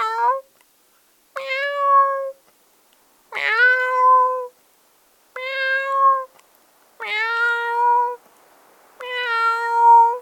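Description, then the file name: Domestic cat giving six drawn-out meows in a row, the first cut off at the start, about two seconds apart, with nothing else heard. "cat voice"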